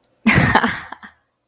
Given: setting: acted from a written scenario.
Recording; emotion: vocal sound without words; amusement